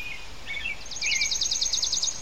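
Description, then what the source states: Bird chirping: a few short squeaky notes, then a fast high buzzy trill running steadily for about a second over a soft background hiss. Birds chirping in a residential area of Port Perry.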